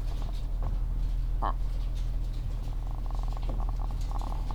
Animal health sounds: poultry house recording; sick chickens (respiratory disease)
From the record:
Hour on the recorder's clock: 14

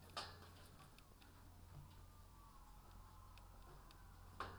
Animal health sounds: poultry house recording; healthy chickens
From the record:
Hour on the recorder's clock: 15

